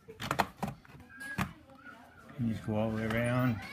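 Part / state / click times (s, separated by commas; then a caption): plastic bezel clips on a laptop screen housing / released / 0.3 s, 0.4 s. A plastic card is worked around the edge of an HP 17-s143cl laptop's screen bezel to pry its plastic clips apart while replacing the screen and top. Sharp pops sound at 0.3 s and 0.4 s as the bezel clips pop loose, and someone talks.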